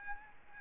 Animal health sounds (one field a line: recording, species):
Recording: mosquito wingbeat signal from an infrared sensor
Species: Aedes albopictus